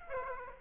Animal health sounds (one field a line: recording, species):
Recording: mosquito wingbeat signal from an infrared sensor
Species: Aedes aegypti